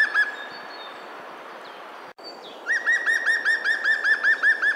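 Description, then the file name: European Green Woodpecker song: after a quiet stretch, a run of about a dozen loud, ringing, laughing notes delivered at a steady pace. "Picchio verde canto (Picus viridis)"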